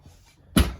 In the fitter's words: that this TV snaps into place that way it doesn't go anywhere when you're moving